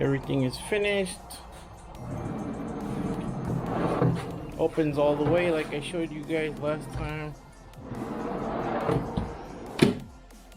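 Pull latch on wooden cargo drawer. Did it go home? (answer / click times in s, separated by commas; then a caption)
yes / 9.8 s. Someone talks over background music as the finished wooden cargo drawer for a GX460 is slid shut. Its pull latch clicks into place at 9.8 seconds, locking the drawer closed so it won't open.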